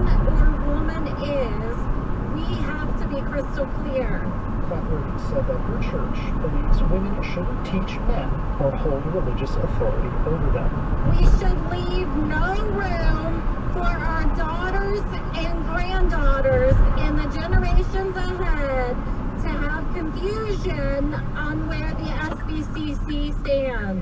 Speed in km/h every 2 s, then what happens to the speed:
53, 47, 47, 45, 53, 53, 55, 52, 48, 44, 35, 24.
0-2 slows to 47. 2-13 steady at about 47. 13-24 slows to 24.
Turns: none.